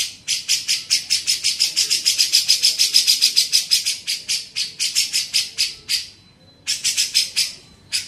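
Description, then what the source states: Grey-cheeked bulbul repeating scratchy, grating notes rapidly, pausing briefly and then resuming; a thin steady whine sounds in the gap. Masteran recording used to train songbirds.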